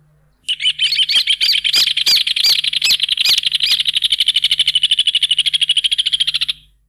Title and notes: Museo de Ciencias de Bahía Blanca - PdA - Hornero. Hornero (Furnarius rufus)